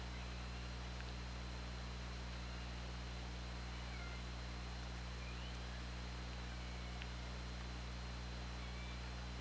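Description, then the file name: Killer whale calls: a few faint, short upswept whistled calls spaced a couple of seconds apart over steady underwater hiss and a constant high tone. Recorded on the OrcaLab hydrophone, 24 August 2017 at 20:56. "Orca Lab UTLN JASON 20170824 205606"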